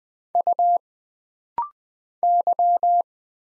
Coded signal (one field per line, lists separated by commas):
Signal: Morse code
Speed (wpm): 20 wpm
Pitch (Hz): 700 Hz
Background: none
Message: U Y